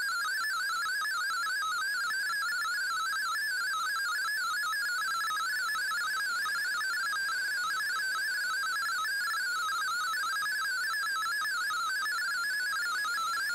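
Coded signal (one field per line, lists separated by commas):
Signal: multi-tone FSK (Olivia or MFSK type)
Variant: MFSK32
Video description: Here is my decode of the Shortwave Radiogram broadcast today on 15770Khz shortwave radio at 1300UTC in MFSK32 and 64 with 10 SSTV images.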